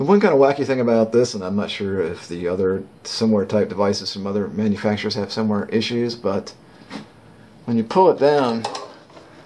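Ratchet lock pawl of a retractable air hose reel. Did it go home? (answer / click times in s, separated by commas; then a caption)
no / none. Someone talks while the air hose is pulled down off a Harbor Freight 50-ft retractable air hose reel and let back, to get the reel's ratchet lock pawl to catch. A single short knock comes at the very end, around 9.5 s, but the lock does not catch in this position, and nothing has clicked or seated yet.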